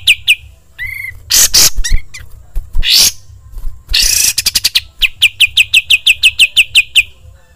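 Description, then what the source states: Bulbul song mixing scratchy chatter and harsh noisy bursts, finishing with a steady run of quick repeated notes. Song used for training songbirds (masteran).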